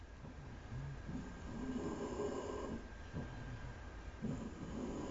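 Rough, low-pitched, snoring-like breath noises from a French bulldog recur about every one and a half to two seconds over a faint steady hum. This is stertor from upper airway obstruction caused by vocal fold granulomas ('kissing lesions') narrowing the larynx, linked to gastroesophageal reflux. The dog struggled to breathe and became cyanotic at minimal exercise.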